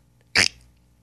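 A single short, sharp, hissy cough burst from an adult man, with quiet room background before and after.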